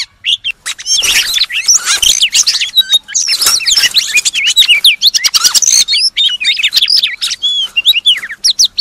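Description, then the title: Oriental magpie-robin pouring out a fast, varied warble of high whistles, sharp clicks and twittering phrases, almost without a break. "Kacer"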